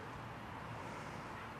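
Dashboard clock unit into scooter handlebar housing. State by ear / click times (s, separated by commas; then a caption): not seated / none. A replacement dashboard clock unit for a Vespa GTS 300 or Vespa LX scooter is handled at its plastic housing in the handlebar cover, with only a steady, even broadband noise and no distinct sharp sounds. Nothing has seated or clicked yet.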